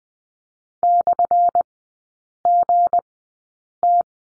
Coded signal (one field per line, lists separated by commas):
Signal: Morse code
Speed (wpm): 20 wpm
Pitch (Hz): 700 Hz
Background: none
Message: /GT